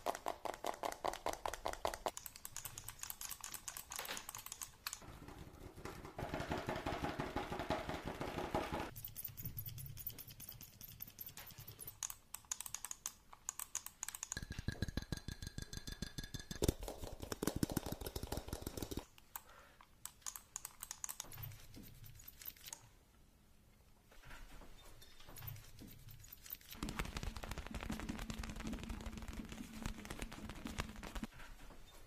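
Fast tapping runs through most of the recording as dense, rapid clicks in quick bursts. The texture shifts every few seconds between brighter, hissier stretches and duller, muffled ones, with a quieter, sparser patch near 23 seconds before the tapping resumes.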